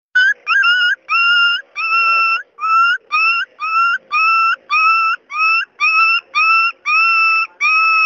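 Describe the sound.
Dog crying: a steady series of clear, tonal whines, each rising slightly then holding, with brief gaps between them.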